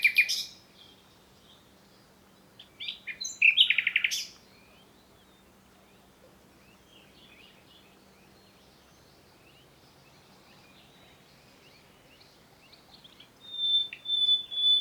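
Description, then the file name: Common nightingale song, a loud burst of varied chirps and a buzzy phrase early on, long quiet stretch with faint notes, then pulsed phrases near the end. "Luscinia megarhynchos"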